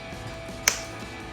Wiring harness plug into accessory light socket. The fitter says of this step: A nice snap there.